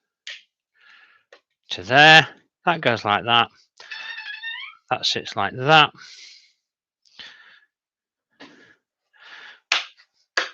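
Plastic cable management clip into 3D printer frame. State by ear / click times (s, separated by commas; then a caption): seated / 9.7 s, 10.4 s. During a Bambu Lab 3D printer build, a plastic cable-management clip is pushed onto the printer frame while someone talks. Two sharp, loud clicks come at 9.7 s and 10.4 s as the clip locks into place.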